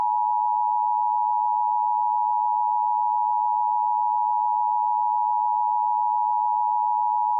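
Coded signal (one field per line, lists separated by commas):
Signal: Emergency Alert System (SAME) tones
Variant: 853 and 960 Hz attention tone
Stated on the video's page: Fictional EAS scenario, not a real alert.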